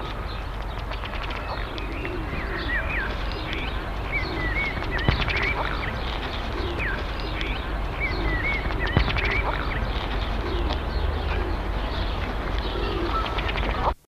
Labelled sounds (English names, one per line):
Ruddy Duck call